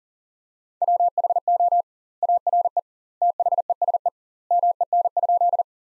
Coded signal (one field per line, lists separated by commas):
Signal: Morse code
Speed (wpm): 40 wpm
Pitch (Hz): 700 Hz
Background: none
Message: WHO ARE THESE MEN?